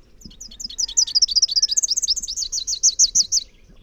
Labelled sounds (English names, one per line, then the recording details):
Rufous-capped Warbler song
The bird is a male
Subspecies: rufifrons
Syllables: 35
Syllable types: 7
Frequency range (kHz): 2.9-7.6 kHz
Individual MO-NNS-M